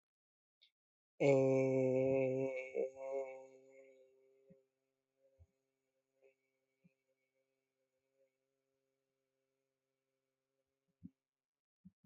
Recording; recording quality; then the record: sustained vowel as in made; excellent, no background noise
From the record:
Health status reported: healthy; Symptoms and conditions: none ticked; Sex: male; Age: 23 years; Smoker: not ticked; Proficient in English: yes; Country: India